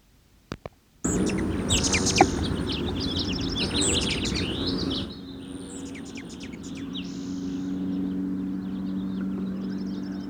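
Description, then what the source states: Allen's hummingbird gives an aggressive chatter of rapid, squeaky high notes over a steady buzz for about four seconds, followed by a lower humming drone. Male giving aggressive chatter and wing whistle, Franklin Canyon study area, 11 May 1969, probably of the mainland race.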